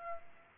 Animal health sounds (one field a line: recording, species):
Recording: mosquito wingbeat signal from an infrared sensor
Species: Aedes aegypti